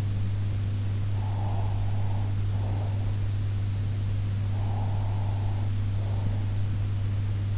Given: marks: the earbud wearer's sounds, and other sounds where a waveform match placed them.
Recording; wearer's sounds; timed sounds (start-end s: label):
sounds in sleep by an in-ear microphone; breath
1.20-2.98 s: breath
4.52-6.43 s: breath